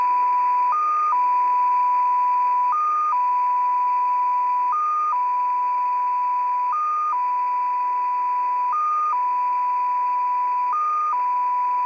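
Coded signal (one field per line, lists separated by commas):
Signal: numbers station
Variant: XPA2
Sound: steady mid tone that briefly jumps slightly higher every two seconds, six times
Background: radio static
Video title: XPA2 Data Mode 08/07/2023 0910 UTC 13445kHz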